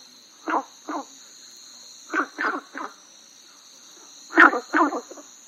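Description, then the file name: Günther's brown frog croaks in short rasping bursts, pairs and triplets spaced irregularly, a constant high tonal hum running throughout. "gunthers brown frog"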